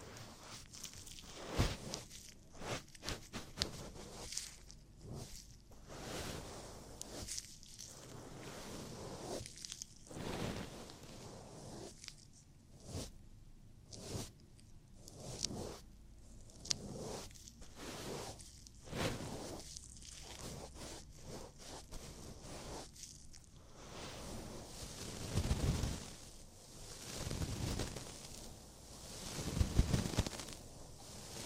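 Ear cleaning sounds: dense, uneven scratching and rustling with frequent short bursts and brief pauses, some bright and crackly. Around 25 to 31 seconds the rubbing grows heavier and fuller, with deeper swishing strokes that peak near the end.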